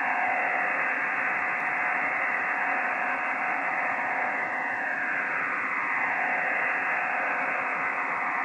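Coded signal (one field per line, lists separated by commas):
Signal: digital SSTV (DRM)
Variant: EasyPal (DRM)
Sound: constant dense rushing hiss, band-limited, with faint steady tones underneath, no breaks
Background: radio static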